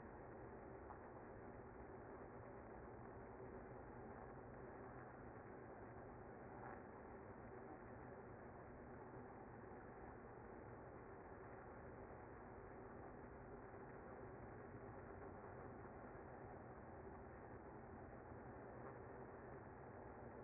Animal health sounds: honeybee colony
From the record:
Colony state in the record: active

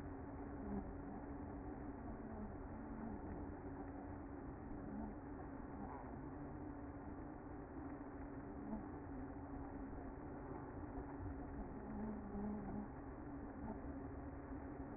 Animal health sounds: honeybee colony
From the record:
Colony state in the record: active

